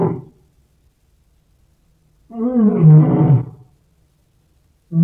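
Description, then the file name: Lion letting out one long, deep, moaning roar that swells and fades, with the edges of further roars at the start and end. "Golosa ptic i zverei - Lev"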